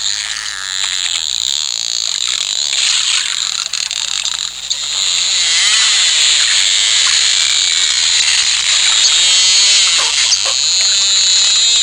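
Dolphins underwater making wavering, repeated whistles amid constant clicking and a loud high-pitched hiss.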